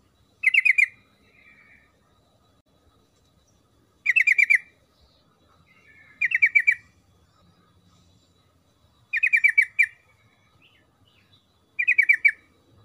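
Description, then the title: Yellow-vented bulbul song: bright, rapid bubbling phrases repeated about every two to four seconds, each a quick run of jumbled notes, separated by short quiet gaps. Lure recording of energetic forest-style song, played to prompt a bulbul to sing. "GACOR Ropel Ngalas Pancingan Trucukan Agar Bunyi Jadikan Burung Trucuk"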